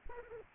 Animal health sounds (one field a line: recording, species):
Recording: mosquito wingbeat signal from an infrared sensor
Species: Aedes aegypti